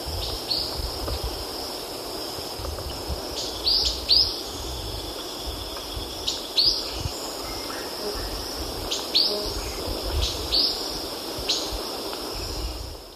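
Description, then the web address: White-winged tanager calls: sharp, high upswept notes, often paired, repeated every few seconds over a continuous high drone. Ecuador. "Birds of Ecuador. White-winged Tanager"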